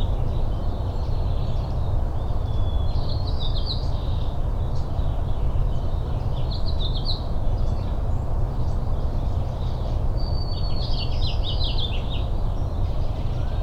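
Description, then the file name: Birds sing three separate bursts of fast twittering notes, some led by a thin whistle, spaced several seconds apart, under steady rain. Morning birdsong recorded in rain at Richland, Washington, on 17 April 2008. "20080417-Morning Birds and Rain Richland WA"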